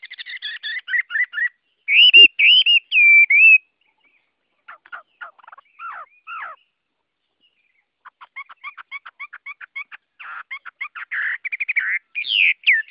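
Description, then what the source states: Chinese hwamei song: rapid notes, then loud rich whistled phrases, a pause, scattered short notes, and fast repeated chips ending in rising clear whistles. Singing in the forest-voice style (giọng rừng).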